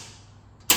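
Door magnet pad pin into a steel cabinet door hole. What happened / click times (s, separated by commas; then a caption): The plastic pin snapped into the door hole / 0.7 s. A plastic pin on a black magnet pad is pushed through a hole in a steel door of a Yoonkool metal garage storage cabinet. After a quiet stretch of low background hum, a sharp, short hit is heard at 0.7 s as the pin seats in the hole. No one talks in the clip.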